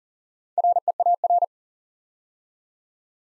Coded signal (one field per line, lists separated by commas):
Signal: Morse code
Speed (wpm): 42 wpm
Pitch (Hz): 700 Hz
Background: none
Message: REAR